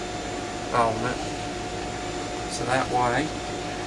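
A 3D-printed plastic part of a spool spin table, with a jagged edge, is handled as it is fitted into the spin table base. Someone talks over a steady air-conditioning-like hum. Nothing has seated or clicked yet.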